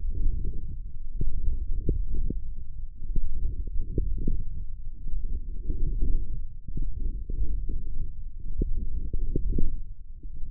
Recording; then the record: forearm muscle sounds (acoustic myography)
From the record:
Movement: wrist extension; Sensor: system 1, eight BSWA MPA416 microphones around the upper forearm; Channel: 5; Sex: female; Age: 20 years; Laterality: right